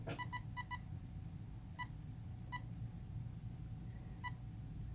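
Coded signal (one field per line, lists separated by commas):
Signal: beep code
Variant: Castle Creations ESC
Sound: two quick double beeps, then three single beeps spaced about a second apart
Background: low rumbling background noise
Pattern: 7 short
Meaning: The speed controller has entered programming mode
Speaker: this is indicating to you that it has entered programming mode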